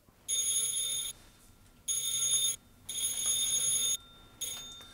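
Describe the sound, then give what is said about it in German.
The doorbell of an electrician's home at Braunsteichweg 4 rings in a coded pattern: three long, loud, shrill buzzes followed by a shorter fourth one. No one speaks. “Sie müssen 3-mal lang und 1-mal kurz klingeln.”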